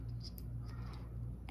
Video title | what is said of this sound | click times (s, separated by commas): How to replace Phonak wax filters + domes with Dr Selita | and you'll put this in here and you'll press down until you hear a click | 0.4 s